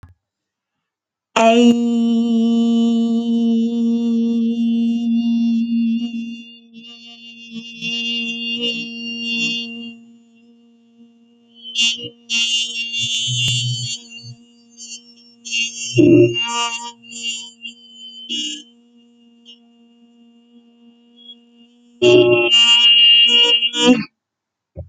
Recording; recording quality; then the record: sustained vowel as in made; moderate, slight background noise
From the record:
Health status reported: healthy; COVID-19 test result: not tested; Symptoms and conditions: none ticked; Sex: female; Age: 28 years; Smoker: not ticked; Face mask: not worn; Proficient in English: yes